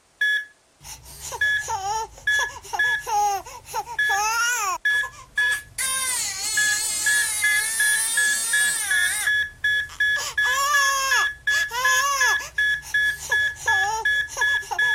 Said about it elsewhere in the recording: Alarming telemetry, particularly with tachycardia, is often a very irksome sound in the background. How about a crying baby and alarming telemetry? An audio cue I used for my procedural practice.